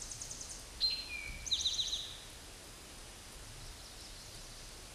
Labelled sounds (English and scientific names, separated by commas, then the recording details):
Eastern Towhee (Pipilo erythrophthalmus) song
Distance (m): 20 m
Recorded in a Pennsylvania forest on 17 May 2023 at 12:10
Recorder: AudioMoth, point grid1_19_low
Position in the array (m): 115 m, 214 m